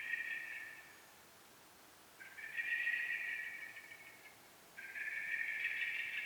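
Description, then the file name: Common blackbird giving long, rasping, even-pitched calls, three in a row, separated by brief silences. "Turdus merula"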